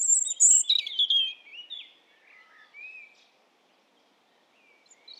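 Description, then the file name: European robin giving a high thin whistled phrase that slides down into softer warbling notes, fading into quiet with a faint note at the end. "Erithacus rubecula"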